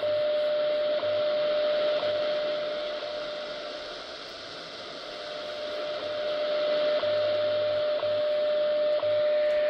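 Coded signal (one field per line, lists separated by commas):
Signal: radio time signal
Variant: WWV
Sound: steady mid-pitched tone broken by a short tick each second, about 9 ticks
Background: radio static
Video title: XHDATA D-109 on 25000 kHz Shortwave WWV Colorado and weird keypad bug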